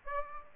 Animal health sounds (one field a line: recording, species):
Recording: mosquito wingbeat signal from an infrared sensor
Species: Aedes aegypti